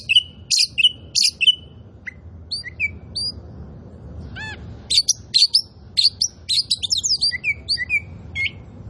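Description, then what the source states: Oriental magpie-robin giving loud whistled notes, a pause with soft slurred whistles, then a rapid run of chirps and sweet downslurred phrases. Indonesian name kacer poci; described as gacor, singing actively and constantly.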